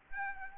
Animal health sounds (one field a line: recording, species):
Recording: mosquito wingbeat signal from an infrared sensor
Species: Aedes albopictus